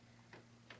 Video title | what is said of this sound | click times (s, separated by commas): The Air Shield™ 9-Stage Air Purifier | there it snaps in place looks | 0.3 s, 0.7 s